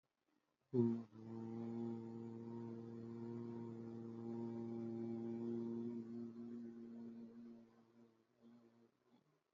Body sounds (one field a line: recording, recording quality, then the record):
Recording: sustained vowel as in boot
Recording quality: excellent, no background noise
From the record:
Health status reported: healthy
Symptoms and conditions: none ticked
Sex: male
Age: 19 years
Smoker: not ticked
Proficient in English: yes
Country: India